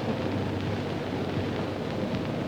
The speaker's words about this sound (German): Die Motoren brummen immer wieder auf. Schwerfällig bewegen sich durch diese Maschinen auf der Erde und in der Luft sind sie so ungeheuer flink. Wie Maikäfer rollen sie langsam über das Rollfeld.